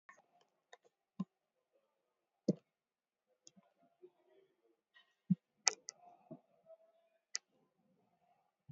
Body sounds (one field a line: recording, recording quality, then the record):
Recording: shallow breathing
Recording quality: poor, much background noise or distortion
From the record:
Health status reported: exposed to COVID-19, no respiratory illness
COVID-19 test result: negative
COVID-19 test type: RT-PCR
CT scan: taken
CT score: 8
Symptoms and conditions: cough, cold, breathing difficulty, sore throat, fatigue, loss of smell and taste, diarrhoea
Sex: female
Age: 38 years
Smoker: no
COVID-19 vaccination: none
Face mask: worn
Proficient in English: yes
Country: India